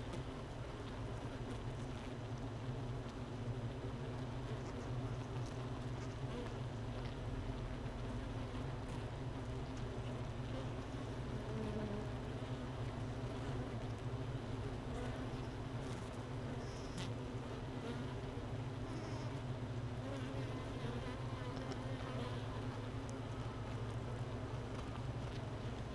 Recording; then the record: honeybee colony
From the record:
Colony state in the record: missing queen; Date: 31 May 2018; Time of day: 13:31